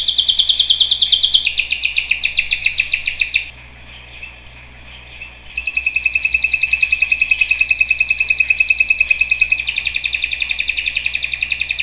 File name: Canary Sound